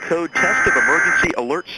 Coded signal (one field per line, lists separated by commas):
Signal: Emergency Alert System (SAME) tones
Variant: header bursts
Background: speech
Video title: EAS Recreation 1: 1st Nationwide EAS Test